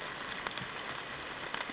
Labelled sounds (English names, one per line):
Brown Creeper